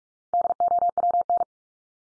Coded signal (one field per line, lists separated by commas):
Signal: Morse code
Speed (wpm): 44 wpm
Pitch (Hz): 700 Hz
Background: none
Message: DOWN